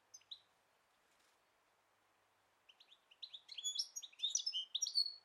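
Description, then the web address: Bird song: a few soft chirps, a pause, then a building stream of high, varied twitters and whistles over a light hiss. "Deverinetal"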